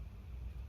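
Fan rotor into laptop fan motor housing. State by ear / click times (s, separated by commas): not seated / none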